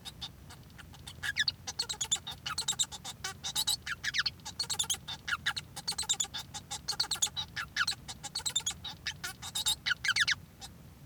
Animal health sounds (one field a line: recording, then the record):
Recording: song of a male Bengalese finch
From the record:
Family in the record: son of father 1